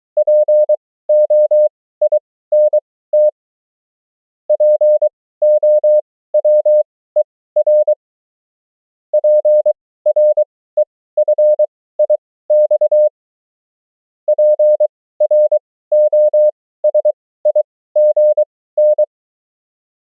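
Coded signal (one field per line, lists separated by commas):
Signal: Morse code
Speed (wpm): 23 wpm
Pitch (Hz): 600 Hz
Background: none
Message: POINT POWER PREFIX PROSIGN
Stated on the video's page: Morse training drill of the 500 most common amateur QSO words, abbreviations and prosigns, 20 wpm effective speed with 23 wpm character speed.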